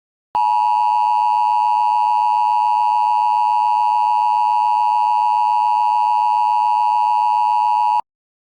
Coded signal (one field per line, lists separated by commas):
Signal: Emergency Alert System (SAME) tones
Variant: 853 and 960 Hz attention tone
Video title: EAS Mock tornado warning ILX WAND